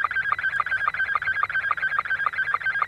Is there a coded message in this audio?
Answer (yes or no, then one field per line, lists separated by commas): no